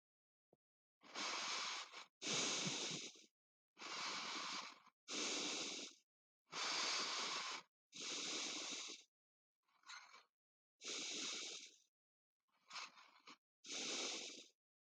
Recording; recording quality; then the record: deep breathing; excellent, no background noise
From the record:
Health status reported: healthy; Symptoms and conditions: none ticked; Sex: male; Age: 25 years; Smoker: not ticked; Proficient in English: yes